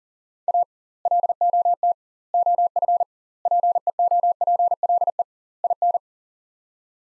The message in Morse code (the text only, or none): A LOT OF PEOPLE IN